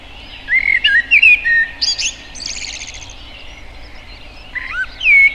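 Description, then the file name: Common blackbird singing: several low, fluted warbling notes followed by a high, squeaky twittering flourish, then a fresh fluty phrase near the end. "Turdus merula"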